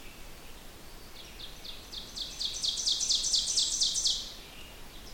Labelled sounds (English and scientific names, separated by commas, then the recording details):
Ovenbird (Seiurus aurocapilla) song
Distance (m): 30 m
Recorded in boreal forest in Alberta, Canada, on 16 June 2016 at 08:10
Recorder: SongMeter 3, array SBT-3-32
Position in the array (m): 162 m, 25 m
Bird 36